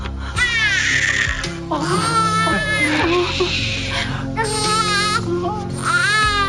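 A newborn baby girl, just born and being given a first check-up, cries loudly in a steady run of high, wavering wails, each shaky cry rising and falling in pitch with only brief catches of breath between them.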